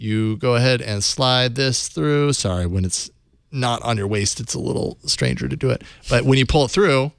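A belt strap is pulled through a ratcheting slide belt buckle bearing the TWiT logo, demonstrated off the waist, while someone talks throughout. The strap is only being handled; the buckle has not yet snapped into place and nothing has clicked.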